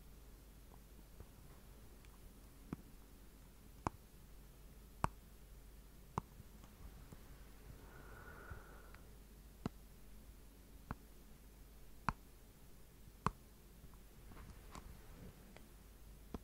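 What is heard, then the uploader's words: Slow rhythmic tapping: sharp, bright taps land about every second, steady and evenly spaced from near the start to the end. Around the middle, a soft breath rises and fades, over a quiet, constant low hum. ASMR Slow Rhythmic Tapping & Breathing - no talking.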